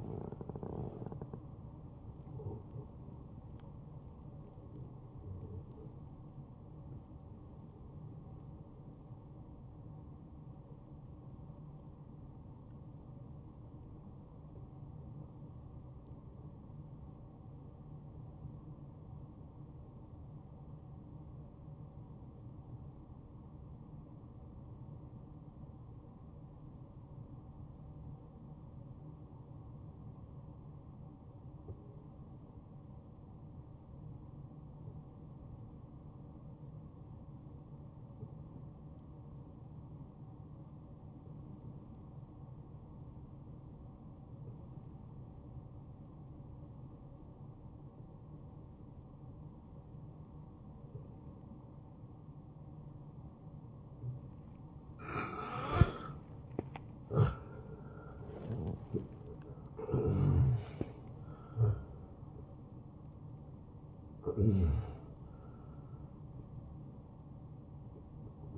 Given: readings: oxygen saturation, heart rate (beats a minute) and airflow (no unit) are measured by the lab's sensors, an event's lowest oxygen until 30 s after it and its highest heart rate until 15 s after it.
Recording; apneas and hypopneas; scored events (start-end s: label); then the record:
a person awake in a sleep study, by a smartphone at the bedside; 1
0.00-25.00 s: awake
15.00-56.00 s: obstructive apnea (scored as awake, oxygen 96% highest, then 86% lowest, heart rate 62 at the start, 75 highest)
18.00-48.00 s: new sleep stage, N1 (lightest sleep)
48.00-68.57 s: new sleep stage, awake
56.00-68.57 s: awake
From the record:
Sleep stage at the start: awake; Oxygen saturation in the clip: 87 to 96%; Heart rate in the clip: 55 to 75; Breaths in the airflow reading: 6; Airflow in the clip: -16.3 to 8.8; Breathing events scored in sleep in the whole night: 263 in 5.5 hours asleep